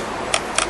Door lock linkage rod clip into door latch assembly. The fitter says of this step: back where it belongs here. And you'll hear it snap in.